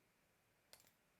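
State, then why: Released. A stainless steel butterfly (deployant) clasp on a watch strap is opened by pressing the release buttons on its sides. It springs open with a short, sharp click at 0.7 s, followed by a few faint rattles, against a quiet background. The clasp is released.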